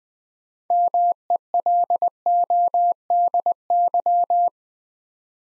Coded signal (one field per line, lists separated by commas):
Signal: Morse code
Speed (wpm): 20 wpm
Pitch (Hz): 700 Hz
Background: none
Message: MELODY